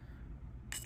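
A fountain pen cap, on a Lamy Studio used as a comparison pen, is pushed closed onto the pen body over a low, steady background rumble. At 0.7 s there is one sharp, bright click as the cap locks into place, so the cap is seated.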